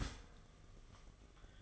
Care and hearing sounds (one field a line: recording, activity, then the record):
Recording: daily activity, microphone in the room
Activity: start toaster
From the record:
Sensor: 4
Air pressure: 1005.0 hPa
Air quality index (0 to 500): 188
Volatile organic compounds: 6 ppm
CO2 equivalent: 1841 ppm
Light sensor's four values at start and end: 17/56/21/19 and 17/58/22/20